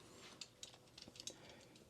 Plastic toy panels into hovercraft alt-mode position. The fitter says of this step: it was uh I think we're good I think it's mostly snapped into place and it does look pretty cool like this